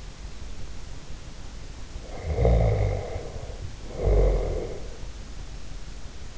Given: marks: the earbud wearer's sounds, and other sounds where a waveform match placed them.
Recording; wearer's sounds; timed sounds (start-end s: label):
sounds in sleep by an in-ear microphone; snoring breath
1.97-4.96 s: snoring breath